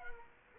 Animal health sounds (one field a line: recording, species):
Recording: mosquito wingbeat signal from an infrared sensor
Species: Culex quinquefasciatus